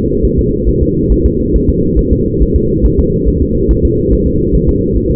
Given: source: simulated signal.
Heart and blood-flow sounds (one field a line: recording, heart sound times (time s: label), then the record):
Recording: fetal heart sounds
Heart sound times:
0.25 s: S1
0.39 s: S2
0.69 s: S1
0.83 s: S2
1.12 s: S1
1.26 s: S2
1.56 s: S1
1.70 s: S2
1.99 s: S1
2.13 s: S2
2.42 s: S1
2.56 s: S2
2.86 s: S1
3.00 s: S2
3.28 s: S1
3.42 s: S2
3.71 s: S1
3.85 s: S2
4.13 s: S1
4.27 s: S2
4.55 s: S1
4.69 s: S2
4.97 s: S1
5.11 s: S2
From the record:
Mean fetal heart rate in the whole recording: 140 bpm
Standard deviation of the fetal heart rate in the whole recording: 2 bpm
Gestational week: 34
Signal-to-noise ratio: -14.7 dB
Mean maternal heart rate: 72 bpm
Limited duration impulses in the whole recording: present